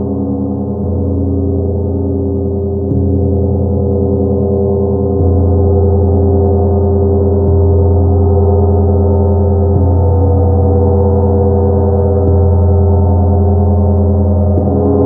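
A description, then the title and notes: A gong rings in a sustained, layered wash of tones, deep and steady with a warm shimmer above. Fresh soft strikes land roughly every two to three seconds, at about 1, 3, 5, 7.5, 10 and 12 seconds, each renewing the low hum without sharp attack. 30 mins Gong meditation.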